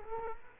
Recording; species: mosquito wingbeat signal from an infrared sensor; Culex quinquefasciatus